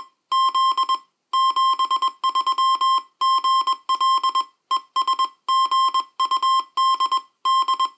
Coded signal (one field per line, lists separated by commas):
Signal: Morse code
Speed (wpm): 21 wpm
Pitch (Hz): 1060 Hz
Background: music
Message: Z 73 GL ES GUD D